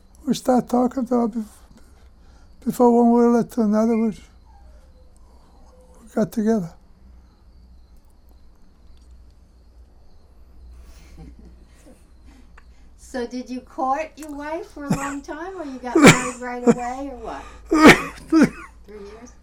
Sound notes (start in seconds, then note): 11.0 laughing; 17.1 coughs